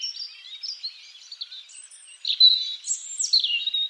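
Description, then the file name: European robin delivering a brief passage of thin, high warbled notes, soft at first, then louder slurred whistles in the second half. "Erithacus rubecula"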